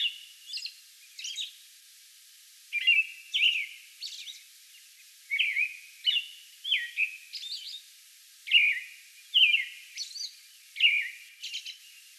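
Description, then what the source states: American robin singing clear caroling whistles in groups of two or three, separated by brief gaps, with high faint squeaky notes tucked between phrases. Song bout recorded on May 11.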